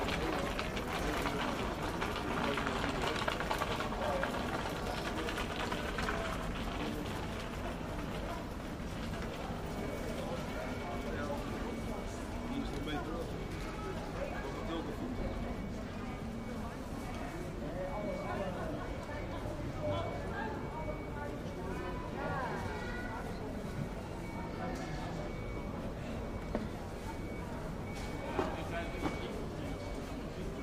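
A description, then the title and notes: A busy fruit market with a steady crowd of overlapping voices, talk rising and falling throughout the half minute. A low rumble of passing vehicles runs underneath, and a few brief sharper sounds stand out near the end. The Sunday Fruit Market. We walk along and listen to the sounds of an active Fruit Market.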